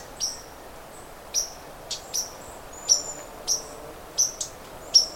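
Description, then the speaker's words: Common Yellowthroat giving husky chips mixed with a White-throated Sparrow's sharp, high 'pink' alarm notes. Husky, throaty chip given while chipping at the observer; a warbler of thick brushy areas; White-throated Sparrow alarm notes also audible; trail toward Lake Superior, bright sunny warm morning. "You can still hear the white-throated sparrow, but the throaty chip, I hope he'll get closer because I can actually see him, is a common yellow throat chipping at me."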